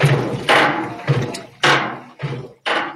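An adult heartbeat heard as echocardiogram Doppler audio, picked up by sensors placed on the chest: a very rhythmic series of broad whooshing pulses with low thuds.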